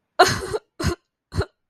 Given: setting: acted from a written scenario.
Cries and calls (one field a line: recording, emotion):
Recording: vocal sound without words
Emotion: sadness